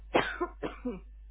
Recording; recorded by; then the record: voluntary cough; telephone call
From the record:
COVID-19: negative